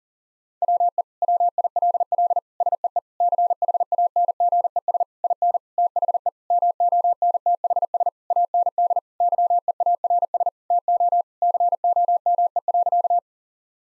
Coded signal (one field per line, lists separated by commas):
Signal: Morse code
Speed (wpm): 40 wpm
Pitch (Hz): 700 Hz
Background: none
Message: WE WILL SEE CHANGES IN THE MONTHS AND YEARS TO COME.